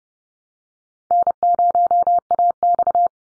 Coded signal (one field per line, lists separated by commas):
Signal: Morse code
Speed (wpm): 29 wpm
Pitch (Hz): 700 Hz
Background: none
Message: N0AX